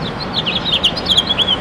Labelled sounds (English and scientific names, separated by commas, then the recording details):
House Finch (Haemorhous mexicanus) song
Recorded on Long Island, New York, on 22 June 2012
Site AU
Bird B